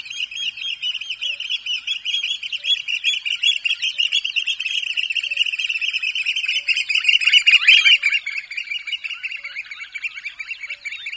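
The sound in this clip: Eurasian oystercatcher piping in a rapid, continuous stream of sharp, high notes, several per second, swelling briefly louder past the middle, with faint soft ticks behind.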